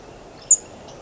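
American tree sparrow call: a single thin, very high note, sharply struck and quickly fading, heard once against faint steady background hiss.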